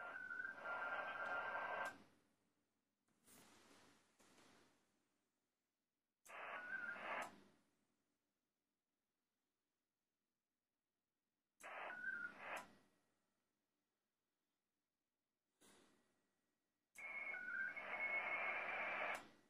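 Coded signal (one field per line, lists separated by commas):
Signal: HF data modem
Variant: ARDOP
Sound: alternating bursts of hissy wideband data with short tone preambles, separated by silences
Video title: Piin likiarvon lähetys Ardop Winlink -protokollalla OH2RBB linkkiaseman kautta lokaatiosta KP10WR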